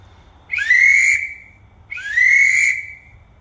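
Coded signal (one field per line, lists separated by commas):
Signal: whistle signal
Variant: crane whistle, slow variant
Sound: two drawn-out shrill whistle blasts with rising starts, about a second apart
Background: faint low hum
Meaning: Hoist the load up slowly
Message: 2 drawn-out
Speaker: if you want to rope up slowly you blow the whistle a little bit slower and draw it out a little bit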